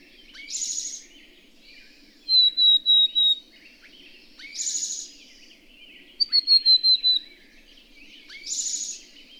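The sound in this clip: Bird song: harsh buzzy bursts between quick series of high, clear whistled notes, the sequence cycling roughly every four seconds.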